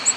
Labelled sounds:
Ovenbird flight call

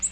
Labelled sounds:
Yellow-rumped Warbler flight call

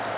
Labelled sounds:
Cape May Warbler flight call

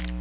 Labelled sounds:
Magnolia Warbler flight call

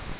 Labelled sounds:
Virginia's Warbler flight call

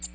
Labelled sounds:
American Redstart flight call

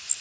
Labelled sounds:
Blackburnian Warbler flight call

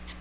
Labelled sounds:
Magnolia Warbler flight call

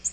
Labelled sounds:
Nashville Warbler flight call

